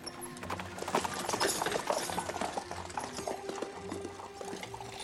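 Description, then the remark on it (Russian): Many horses of Cossack riders gallop together in a dense, continuous drumming of hoofbeats, loud and steady throughout, with a rough rumbling undertone and no voices. “ударил Тарас по коню, а за ним и много казацких всадников и пехоты”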